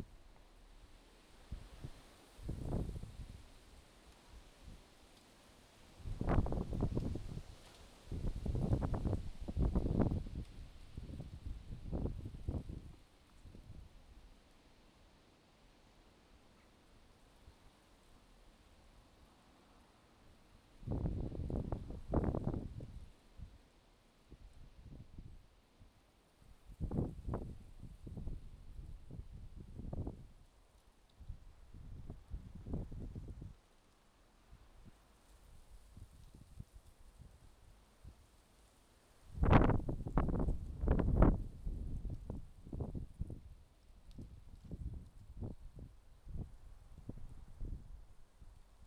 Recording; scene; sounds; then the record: everyday scene through a hearing-aid microphone; wind on the microphone; wind, traffic, birds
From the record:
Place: suburban garden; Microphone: in the ear canal, left